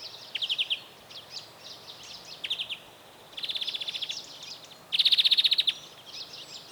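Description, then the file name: European greenfinch calling in fast rattling trills and a sustained buzzy trill, with scattered softer twitters. "Chloris chloris"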